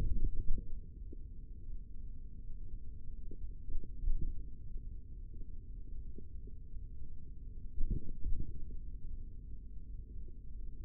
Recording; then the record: forearm muscle sounds (acoustic myography)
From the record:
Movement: tripod grip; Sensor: system 3, bracelet of six PUI Audio POM-2738L microphones around the upper forearm, with dedicated amplification and filtering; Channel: 6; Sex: male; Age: 43 years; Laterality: right